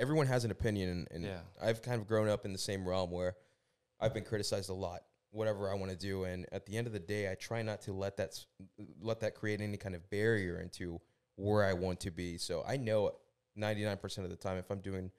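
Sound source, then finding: Adult male speaker. Normal speech.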